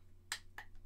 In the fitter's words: hear that clicking in? Yeah.